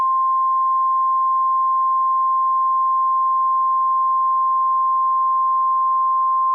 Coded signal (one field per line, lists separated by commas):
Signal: Emergency Alert System (SAME) tones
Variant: 1050 Hz attention tone